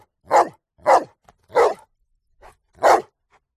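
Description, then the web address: Dog giving deep, rough barks: four strong barks, the last after a longer gap, with a faint extra bark between. Bullmastiff cross; continuous barking. "quanfurisshihakkutofurumasutifunokurosu zhangi feie shengno lian xu"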